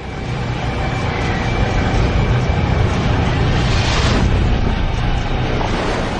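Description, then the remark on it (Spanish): A giant rogue wave slams against an emergency vessel in the North Sea in winter 2012, amid a constant, heavy roar of wind and churning water, with a brief louder surge of the crash partway through. No one speaks. “Ocasionalmente, las olas gigantes hasta se han grabado en vídeo. Esta, del invierno de 2012, se estrella contra un barco de emergencias en el Mar del Norte.”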